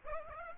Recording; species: mosquito wingbeat signal from an infrared sensor; Aedes aegypti